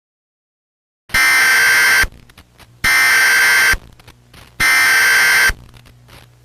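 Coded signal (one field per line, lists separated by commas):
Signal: Emergency Alert System (SAME) tones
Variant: header bursts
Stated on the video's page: Fictional EAS scenario, remastered.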